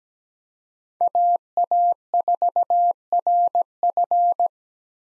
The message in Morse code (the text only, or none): AA4RF